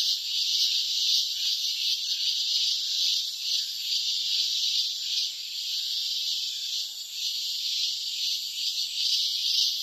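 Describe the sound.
Cicada song as an unbroken high rasping drone, softly pulsing a little over twice a second, with a brief dip near the end.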